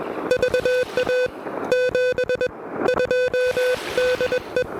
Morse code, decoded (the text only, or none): VA 72 DE